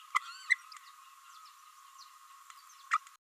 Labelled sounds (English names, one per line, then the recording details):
Green-rumped Parrotlet babbling
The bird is a female
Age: 29 days
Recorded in a nest box in Venezuela
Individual 17B32A5